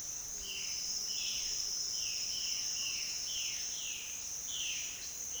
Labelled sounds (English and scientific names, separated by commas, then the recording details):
Violaceous Jay (Cyanocorax violaceus)
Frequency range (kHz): Violaceous Jay (Cyanocorax violaceus) 1.4-4.2 kHz
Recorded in secondary vegetation near Puerto Asís, Putumayo, Colombia, on 29 June 2025 at 09:00
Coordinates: 0.498, -76.327
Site GP09